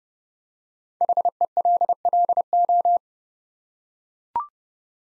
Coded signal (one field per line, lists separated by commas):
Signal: Morse code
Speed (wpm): 30 wpm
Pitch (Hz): 700 Hz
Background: none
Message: HELLO